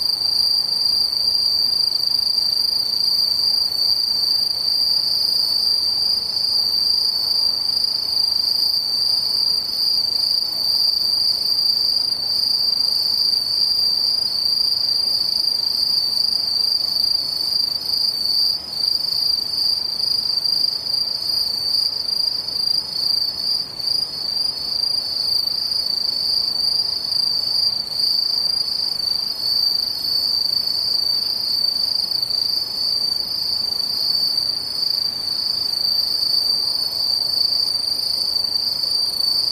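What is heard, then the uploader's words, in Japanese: A chorus of insects, probably crickets, trills without a break for the whole forty seconds. The shrill main tone sits high and steady, with fainter, even higher trilling layered above it. Underneath runs a soft, constant low hiss with no other sounds standing out. ムシ合唱。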